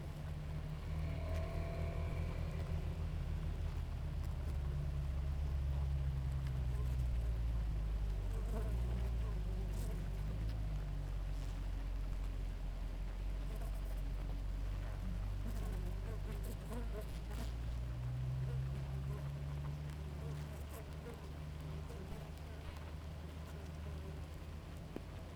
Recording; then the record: honeybee colony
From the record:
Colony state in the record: active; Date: 28 July 2017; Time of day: 5:13